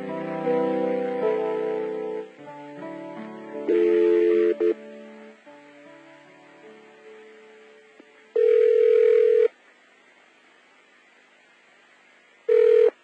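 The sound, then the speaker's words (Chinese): A telephone line hums with a steady dial tone, then the number shown on a pager is dialed and the call to the pager service rings out in loud, buzzing bursts separated by pauses, with no one speaking. “唔知佢哋几时将个 call 机放咗喺个袋入面，上面打出一个电话。”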